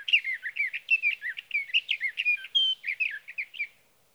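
Sage thrasher song: a long, rapid warbling run of varied whistled and slurred notes lasting nearly four seconds, then fading out.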